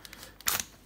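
A handheld Switch console screen unit is slid into the notches of a 3D-printed plastic vertical-play grip and pushed in, the same way the controllers clip in. A few faint light ticks come first, then a sharp, bright click at 0.5 s with a second snap just after. The screen clips into the grip and is seated.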